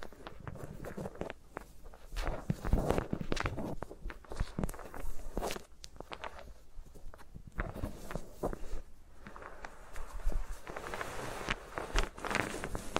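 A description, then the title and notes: Fingers move over and rub against microphones, making a dense run of soft scratches, taps and brushing sounds with no talking. Sharp clicks and thumps come every fraction of a second, some bright and crackly, others low and muffled, with brief quieter pauses between bursts. ASMR with Mics Around My Fingers (No Talking).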